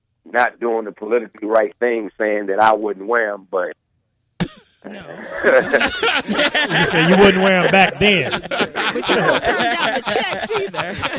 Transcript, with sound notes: not doing the politically right thing saying that I wouldn’t wear them, but. (Laughter)
You wouldn’t wear them back then. (Laughter)
But you won’t turn down the checks either.